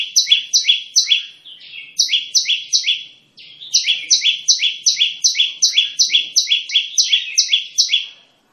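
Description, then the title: Olive-backed tailorbird repeating bright two-note chips in fast runs, with a couple of brief pauses between the bursts. Olive-backed tailorbird song used as a vocal tutor for training songbirds and as an effective lure. "Tembakan Prenjak Lumut Pikat Mantap Jadi Guru Vokal"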